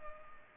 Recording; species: mosquito wingbeat signal from an infrared sensor; Culex pipiens